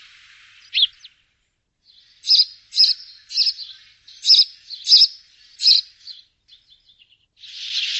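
Bird chirps: a single note, then a series of short, bright, buzzy notes, followed by a softer rushing sound.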